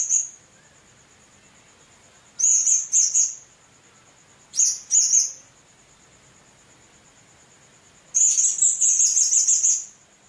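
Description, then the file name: Blue-crowned hanging parrot calling: shrill, high, buzzy twittering bursts, three phrases, the last one longest, over a steady high-pitched insect-like whine. "serindit"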